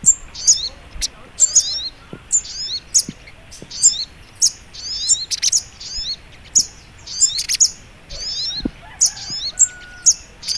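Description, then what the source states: Little Spiderhunter singing high, squeaky chattering phrases in rapid succession, each a cluster of downward-sliding notes, with occasional crisp ticks between them. Masteran training recording for teaching songbirds; labelled Labaik.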